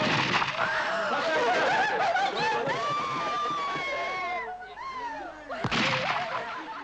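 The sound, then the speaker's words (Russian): Agitated voices and wailing tones fill a film scene in which the heroine's father, played by actor Khikmat Latypov, tries to stop her; then a single sharp, loud gunshot cracks out near the end before the commotion continues. “Он пытается ее остановить. Выстрел.”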